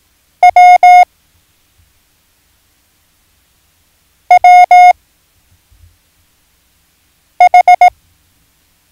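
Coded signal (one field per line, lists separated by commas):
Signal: Morse code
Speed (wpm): 18 wpm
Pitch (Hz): 720 Hz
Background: none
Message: W W H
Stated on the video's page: Morse code learning lesson introducing letters O, S, C and H.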